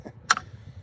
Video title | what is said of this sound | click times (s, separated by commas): Walnut rounds… this wedding is getting expensive! | But it has that nice click to it, so | 0.3 s